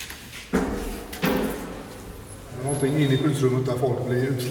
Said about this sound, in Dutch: Weer een nieuwe deur die we openen.